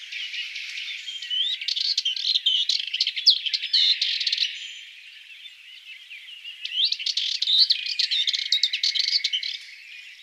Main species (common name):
Sardinian Warbler